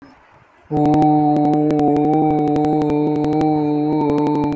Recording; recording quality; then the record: sustained vowel as in boot; moderate, slight background noise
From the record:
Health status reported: healthy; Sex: male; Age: 20 years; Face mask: not worn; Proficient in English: yes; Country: India